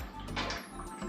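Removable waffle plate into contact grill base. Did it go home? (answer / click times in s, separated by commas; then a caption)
no / none. A removable bottom waffle plate for a newer-version Cuisinart Griddler is handled and pushed toward the contact grill's lower housing, with a low steady hum and faint scraping and rustling. Nothing has seated or clicked yet.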